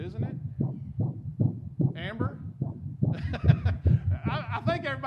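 Rapid, rhythmic whooshing pulses at roughly 145 a minute, low-pitched and steady, with some tonal swishing in the second half. This is a fetal heartbeat picked up by monitor, at a rate within the usual fetal range.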